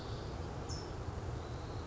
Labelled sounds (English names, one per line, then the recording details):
California Towhee
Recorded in Sonoma County, California